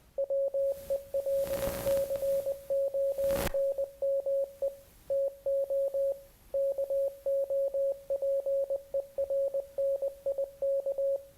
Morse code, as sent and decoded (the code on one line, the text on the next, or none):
.-- . .-.. -.-. --- -. -- . / - --- / -.- --- .--. . .-. -. .. -.-
WELCONME TO KOPERNIK